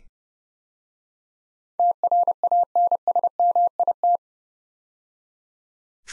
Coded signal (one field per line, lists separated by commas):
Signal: Morse code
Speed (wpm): 30 wpm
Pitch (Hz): 700 Hz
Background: none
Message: TRANSMIT